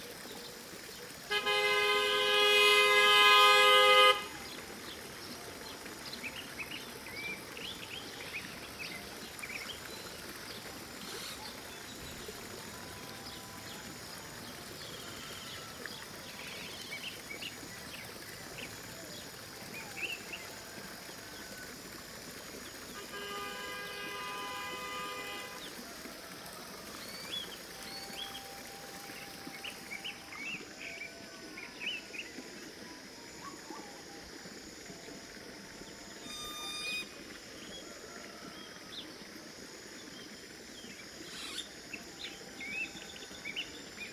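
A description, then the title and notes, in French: Jungle ambience with a steady, dense hiss of insects and scattered bird chirps throughout. A loud, buzzing harmonic call bursts in from about 1 to 4 seconds, then returns more softly around 23 to 26 seconds, with brief high chirps later on. FELIX BLUME + DESPINA PANAGIOTOPOULOU + LABEROUK - Jungle. Collection de field recordings autour du thème de la jungle.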